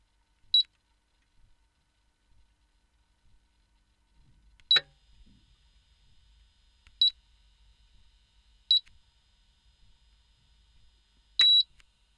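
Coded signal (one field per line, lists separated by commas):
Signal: beep code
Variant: ceramic glass cooktop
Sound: five short high-pitched electronic beeps at uneven intervals, some with a click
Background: quiet room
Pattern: 5 short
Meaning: The cooktop is being switched on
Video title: Vitrocerámica pitidos encendido - efecto de sonido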